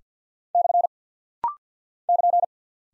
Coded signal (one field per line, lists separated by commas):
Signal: Morse code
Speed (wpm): 50 wpm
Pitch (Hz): 700 Hz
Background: none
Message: / <KN>